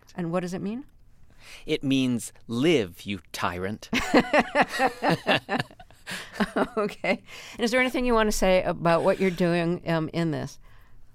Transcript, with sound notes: And what does it mean?
It means live, you tyrant.
(Laughter) OK. And is there anything you want to say about what you're doing in this?